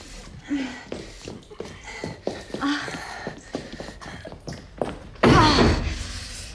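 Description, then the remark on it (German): Dull knocks and shuffling thumps in an uneven rhythm as a heavy grand piano is carried, ending in a loud, rough thud against a door that rumbles on for a second. “Vorsicht, die Tür!”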